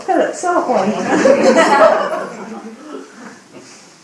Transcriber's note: Lots of laughter, people unsure of what to make of or what's going to happen next